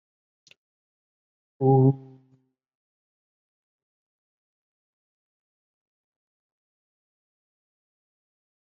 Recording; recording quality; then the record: sustained vowel as in boot; excellent, no background noise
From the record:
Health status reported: COVID-19 positive, mild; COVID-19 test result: positive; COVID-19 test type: RT-PCR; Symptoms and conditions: cough, cold, fatigue, diarrhoea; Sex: male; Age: 23 years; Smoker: no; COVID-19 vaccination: both doses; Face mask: not worn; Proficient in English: yes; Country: India